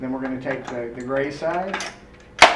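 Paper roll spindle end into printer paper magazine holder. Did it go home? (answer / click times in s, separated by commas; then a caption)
yes / 2.4 s. Someone talks while pressing the gray end of a paper roll spindle into its holder in the paper magazine of a Fuji DX100 printer. A sharp snap sounds at 2.4 s as the gray end locks into place, the same as the black side.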